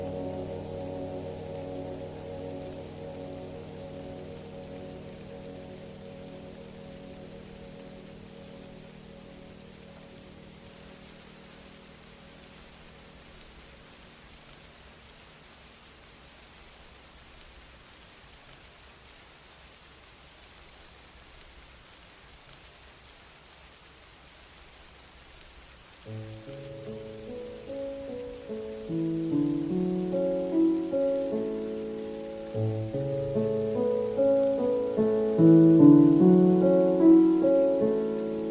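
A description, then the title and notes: Music with soft rain: a sustained, low chordal pad holds for the first ten seconds, then fades to a hushed stretch under a faint, steady hiss. Around 26 seconds a louder melodic part enters with moving notes that swell and grow fuller toward the end. Relaxing minecraft music with soft rain.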